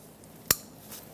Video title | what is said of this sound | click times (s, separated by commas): How to Replace Front Driveshaft 2008-2012 Jeep Liberty | when you plug it in make sure it clicks | 0.5 s